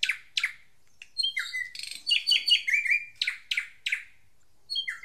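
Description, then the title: Drongo calls: busy mix of sharp chirps, downslurred whistles and harsh buzzy rattles in quick succession. "Suara Srigunting Di Download Dari Hobiburung"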